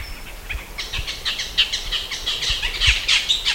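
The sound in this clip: Bird chattering: a fast, dense series of harsh chirping notes starting after a brief high whistle and continuing to the end.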